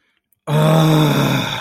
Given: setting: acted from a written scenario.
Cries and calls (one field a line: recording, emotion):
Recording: vocal sound without words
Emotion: anger